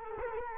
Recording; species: mosquito wingbeat signal from an infrared sensor; Culex quinquefasciatus